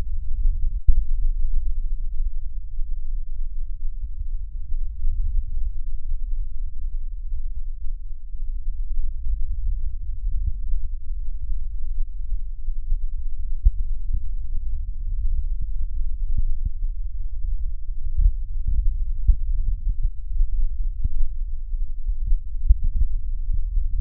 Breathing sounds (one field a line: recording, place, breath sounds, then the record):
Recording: lung sounds by stethoscope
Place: right posterior middle chest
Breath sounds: normal breath sounds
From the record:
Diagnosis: none (healthy)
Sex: male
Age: 74 years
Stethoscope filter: bell mode, 20 to 200 Hz